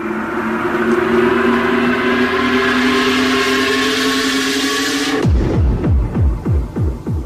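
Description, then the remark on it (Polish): A Polish radio chart show jingle, the jingle of the old chart list ('stara lista przebojów'): a loud, buzzing synthesized chord swells and climbs steadily for about five seconds, then cuts off abruptly into a rapid run of falling, pulsing swoops. “A piosenka, która kojarzy mi się z radiem i osobiście z radiem najbardziej kojarzy się dżingiel starej listy przebojów. Konkretnie ten kawałeczek.”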